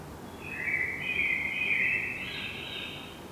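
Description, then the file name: Common blackbird singing a single full, mellow warbled phrase that rises slightly before fading, over soft steady background noise. "Turdus merula"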